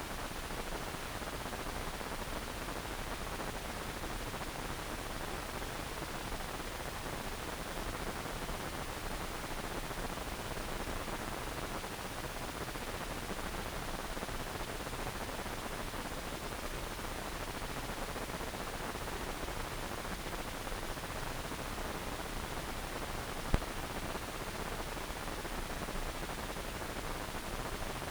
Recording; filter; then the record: brain microelectrode recording played as sound; wide band, above 20 Hz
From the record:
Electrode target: subthalamic nucleus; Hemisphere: right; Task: reaching with the left hand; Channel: 1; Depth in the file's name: 1.506 mm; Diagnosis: Parkinson's disease